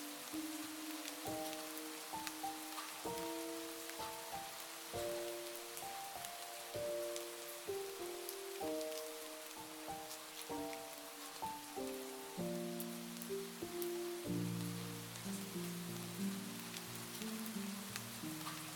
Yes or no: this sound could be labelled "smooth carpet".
no